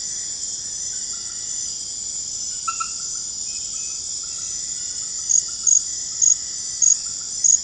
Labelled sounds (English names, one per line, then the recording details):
none
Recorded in pastures near Puerto Asís, Putumayo, Colombia, on 12 March 2025 at 23:30
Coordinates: 0.502, -76.324
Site GP07